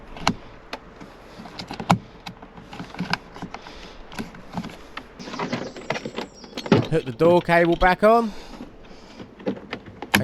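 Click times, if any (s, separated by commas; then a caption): 10.1 s. While refitting the front inner door card on an Audi TT Mk2 (8J) during a speaker replacement, the door handle release cable is reattached to the door card's handle mechanism. Sharp clicks and knocks of handling are heard, someone talks, and a loud, sharp click at 10.2 s marks the cable seating in place.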